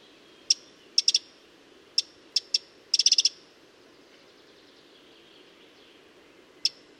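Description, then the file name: Eurasian wren making dry, clicking tic notes, single and doubled, building to a short rapid rattle, then a pause before one final tick. "Troglodytes troglodytes"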